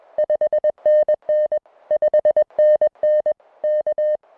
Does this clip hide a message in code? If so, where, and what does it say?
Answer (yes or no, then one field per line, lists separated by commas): yes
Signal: Morse code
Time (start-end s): 0.2-4.2 s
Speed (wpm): 21 wpm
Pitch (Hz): 1800 Hz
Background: music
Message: 5NN 5NN K